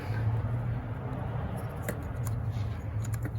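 The third ignition coil's plastic wiring connector is being handled onto its coil on a 2013–2017 Honda Accord, Civic or CR-V 2.4 engine, over a steady low hum. Faint handling ticks and scrapes come around 1.9, 2.3 and 3.0–3.3 seconds. Nothing has seated or clicked yet by the end of the clip.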